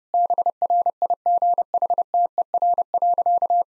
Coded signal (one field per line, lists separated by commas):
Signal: Morse code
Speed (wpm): 30 wpm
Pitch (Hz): 700 Hz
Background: none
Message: BRIGHTER.